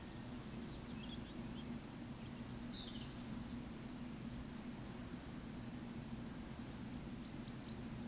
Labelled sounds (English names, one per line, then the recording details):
Eurasian Woodcock whistle
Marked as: whistle, whistle, whistle
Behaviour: display flight
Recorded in Baden-Württemberg, Germany, on 14 May 2021 at 19:32 UTC
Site 25175, 602 m above sea level